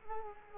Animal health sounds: mosquito wingbeat signal from an infrared sensor; Culex quinquefasciatus

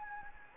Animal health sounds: mosquito wingbeat signal from an infrared sensor; Anopheles gambiae

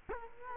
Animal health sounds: mosquito wingbeat signal from an infrared sensor; Culex quinquefasciatus

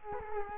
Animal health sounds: mosquito wingbeat signal from an infrared sensor; Culex quinquefasciatus

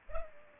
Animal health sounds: mosquito wingbeat signal from an infrared sensor; Culex pipiens

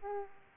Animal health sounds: mosquito wingbeat signal from an infrared sensor; Aedes aegypti

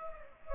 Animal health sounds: mosquito wingbeat signal from an infrared sensor; Culex pipiens

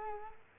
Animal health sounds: mosquito wingbeat signal from an infrared sensor; Culex quinquefasciatus

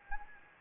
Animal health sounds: mosquito wingbeat signal from an infrared sensor; Anopheles gambiae

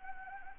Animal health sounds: mosquito wingbeat signal from an infrared sensor; Anopheles arabiensis

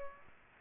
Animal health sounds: mosquito wingbeat signal from an infrared sensor; Aedes aegypti

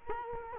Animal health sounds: mosquito wingbeat signal from an infrared sensor; Culex quinquefasciatus

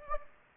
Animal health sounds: mosquito wingbeat signal from an infrared sensor; Anopheles gambiae

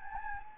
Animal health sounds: mosquito wingbeat signal from an infrared sensor; Anopheles gambiae

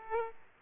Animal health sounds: mosquito wingbeat signal from an infrared sensor; Aedes aegypti

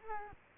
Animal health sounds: mosquito wingbeat signal from an infrared sensor; Culex quinquefasciatus

